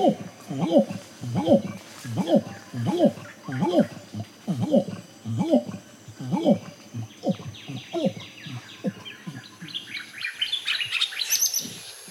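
A forest soundscape of rhythmic low calls pulsing roughly twice a second, fading after ten seconds into bright, quick bird chirps.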